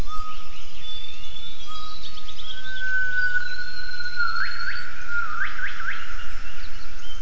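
Gibbon calling with long sustained whistled notes that step upward, then a run of sharp rising swoops, over steady background noise.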